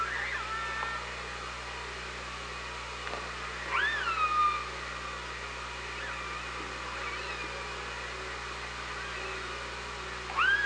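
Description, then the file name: Killer whale calls: two clear rising harmonic calls that bend into level tones, with fainter squeals between, over a hissing background. Killer whales recorded on the OrcaLab hydrophone, 24 August 2017, 17:23. "Orca Lab UTLN JASON 20170824 172300"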